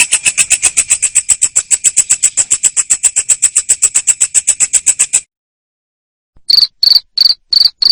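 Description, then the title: Cricket chirping in a fast, even train of high, sharp pulses for about five seconds, then a short silence, followed by a few slower, lower-pitched pulses. Loud cricket chirping (ngerik) played to make lovebirds sing their continuous ngekek song. "Suara JANGKRIK NGERIK Keras Bikin LOVEBIRD Jadi NGEKEK Terus Vubey"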